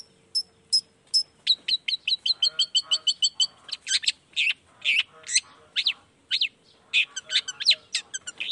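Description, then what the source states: Long-tailed shrike song: a quickening string of sharp high chips gives way to harsher buzzy and slurred notes, over a faint steady low hum. Energetic morning singing with the 'toet toet' song variation, used to stimulate reluctant shrikes into singing.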